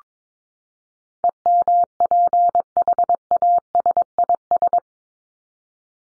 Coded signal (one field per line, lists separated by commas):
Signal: Morse code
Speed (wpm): 22 wpm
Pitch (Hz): 700 Hz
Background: none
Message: EMPHASIS